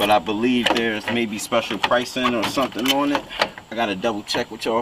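A side marker/turn signal lamp housing is handled at its mounting on a new headlight assembly for a 1999-2002 Silverado / 2000-2006 Suburban 1500/2500 / Tahoe while someone talks throughout. The part has not seated or clicked yet, and no snap is heard.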